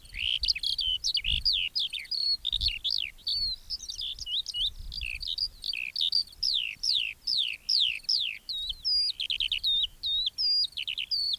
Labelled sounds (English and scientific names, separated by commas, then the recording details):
Eurasian Skylark (Alauda arvensis) song
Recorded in the wild
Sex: male
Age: adult
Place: Röttenbach, Bayern, DE
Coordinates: 49.6683, 10.9244
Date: 1964-06-02
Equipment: Original, Vollspur
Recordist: Tretzel, Erwin